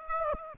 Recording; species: mosquito wingbeat signal from an infrared sensor; Aedes aegypti